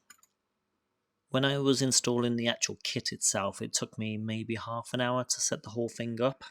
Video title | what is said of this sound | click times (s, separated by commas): Cleaning boat Water Tanks using Puriclean or RV #boatlife #vanlife | and then the cartridge just literally snaps back in place | 0.1 s, 0.2 s